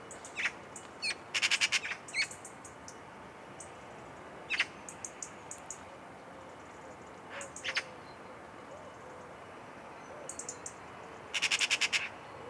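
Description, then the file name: Eurasian magpie giving harsh, rattling chatter bursts, several short clusters of dry clicks spread throughout with gaps of quiet between them. "Pica pica"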